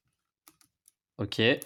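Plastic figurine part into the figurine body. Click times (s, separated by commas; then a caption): 0.5 s. A plastic part is pushed into the body of a Megahouse black dragon figurine with red eyes, a fit that was feared to be loose. A few small clicks are heard, with the part seating at 0.5 s and lighter clicks following at 0.6 s and 0.9 s. From about 1.2 s someone talks, and the part is fully pushed in and looks fine.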